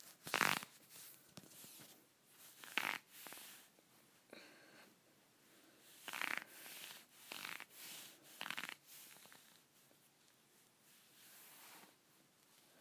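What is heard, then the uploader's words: Scratchy leggings rub and rasp in short, bright bursts, about one every second or two, some sharp and loud, others soft and brief. Between strokes there are quiet gaps with faint rustling. The strongest scrapes come early, near the third second and around the sixth. ASMR Scratchy Leggings.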